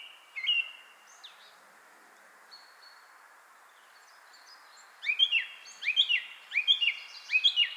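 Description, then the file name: Song thrush singing a few scattered phrases, then a rapid run of sharp repeated notes, each figure given several times in a row. "Zanglijster Turdus philomelos"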